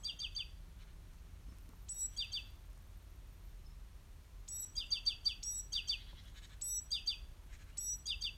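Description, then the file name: Great tit calling with quick clusters of thin, high chirps, sparse at first, then coming faster and closer together in the second half, above low background hum. "Parus major"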